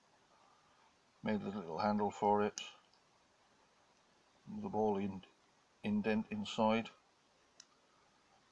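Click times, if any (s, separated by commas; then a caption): none. A homemade metal handle is handled at a standard ratchet head, where a ball-in-indent detent will hold it. Someone talks in three bursts, and faint brief ticks come at about 2.9 s and 7.6 s. The handle has not yet gone home, and nothing has seated or clicked into place.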